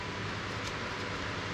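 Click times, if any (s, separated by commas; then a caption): none. A memory module, likely a RAM stick, is being pushed into its slot on a mining motherboard after the slot's retaining tab has been flipped down. Only a steady broadband hum with low rumble is heard, with no sharp transients. Nothing has seated or clicked yet.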